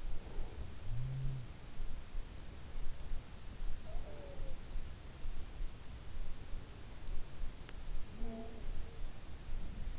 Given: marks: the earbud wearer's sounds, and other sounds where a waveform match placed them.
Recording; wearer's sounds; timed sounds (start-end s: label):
sounds in sleep by an in-ear microphone; breath
0.00-0.80 s: breath
3.76-4.74 s: sound from someone else or the room
8.03-9.45 s: sound from someone else or the room